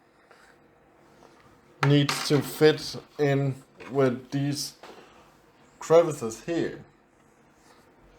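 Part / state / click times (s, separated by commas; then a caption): glasses spacer into VR headset body / not seated / none. A plastic glasses spacer bracket is being fitted into the crevices of the face opening of an Oculus Quest 2 VR headset while someone talks, with faint handling taps near 0.3 s and 1.3 s. Nothing has seated or clicked yet.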